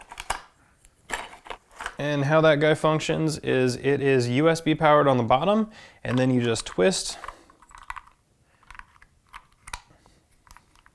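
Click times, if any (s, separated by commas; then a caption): none. An interchangeable US plug head is fitted onto the USB-powered adapter of a BlueSound Node Nano and twisted to lock it in. Someone talks over light handling taps and clicks of the plastic parts, with a few sharp ticks near the start and toward the end. Nothing has locked or seated yet when the clip ends.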